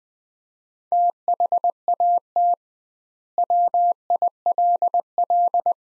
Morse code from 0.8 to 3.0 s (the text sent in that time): THAT